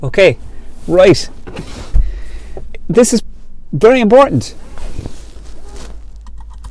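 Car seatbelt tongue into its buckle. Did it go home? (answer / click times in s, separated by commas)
no / none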